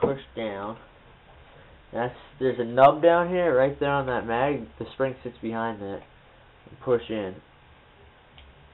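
Someone talks while handling the spring guide of an M9 gas blowback airsoft pistol magazine, pushing it in behind a nub inside the magazine where the spring sits. A faint tick near the end is not the click; nothing has seated or clicked yet.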